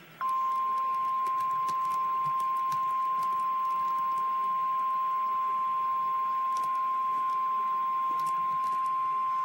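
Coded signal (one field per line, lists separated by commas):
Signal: Emergency Alert System (SAME) tones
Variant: 1050 Hz attention tone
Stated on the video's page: Real Emergency Alert System severe thunderstorm warning.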